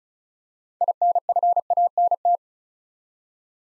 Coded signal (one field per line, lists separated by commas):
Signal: Morse code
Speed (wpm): 36 wpm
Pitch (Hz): 700 Hz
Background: none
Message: INFANT